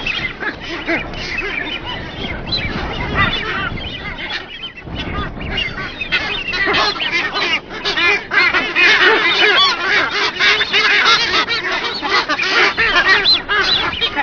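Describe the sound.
Masked booby calls, many harsh honking notes tumbling over one another, a noisy colony chorus that swells louder in the second half.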